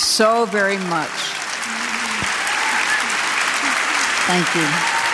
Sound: applause

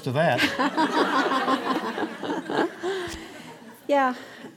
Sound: laughter

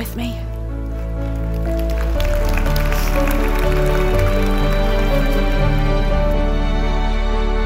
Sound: applause

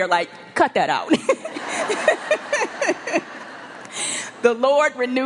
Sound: laughter

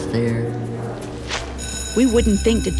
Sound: alarm sounds

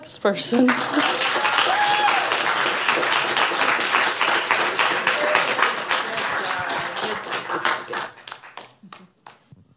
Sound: applause and cheers from SPA ladies

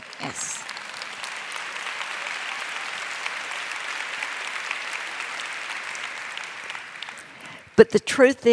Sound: applause

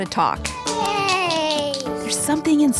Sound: child clapping

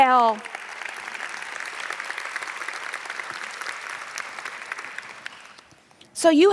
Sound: applause

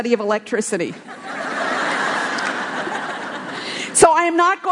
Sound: laughter

